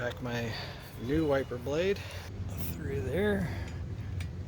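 A new windshield wiper blade is being handled onto the hook of the wiper arm on a 2007 Acura RDX while someone talks, with faint light handling noises and a small sharp tick near the end. Nothing has seated or clicked yet; the blade is not yet snapped home on the arm.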